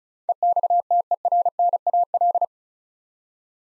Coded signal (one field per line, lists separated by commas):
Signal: Morse code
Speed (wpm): 34 wpm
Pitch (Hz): 700 Hz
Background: none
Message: EXTERNAL